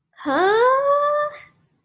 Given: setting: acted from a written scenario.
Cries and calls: vocal sound without words; confusion

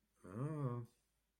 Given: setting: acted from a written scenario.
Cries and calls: vocal sound without words; confusion

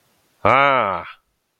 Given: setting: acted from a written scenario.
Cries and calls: vocal sound without words; elation

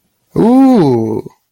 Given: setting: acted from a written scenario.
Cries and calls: vocal sound without words; elation

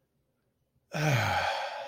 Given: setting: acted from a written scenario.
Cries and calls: vocal sound without words; ecstasy

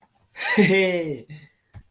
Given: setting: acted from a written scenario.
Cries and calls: vocal sound without words; realization

